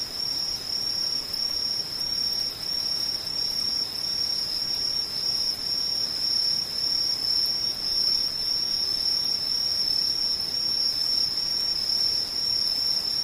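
An insect trills without a break, a high, thin, steady buzz that holds one pitch for the full thirteen seconds. It never pauses or swells. Beneath it lies only a faint, even hiss, with nothing else standing out.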